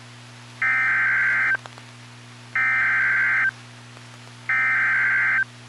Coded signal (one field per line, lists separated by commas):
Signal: Emergency Alert System (SAME) tones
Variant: header bursts